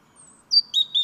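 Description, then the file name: European robin: a few short, high thin whistled notes, sliding slightly, in a brief fragment over quiet background. "Erithacus rubecula"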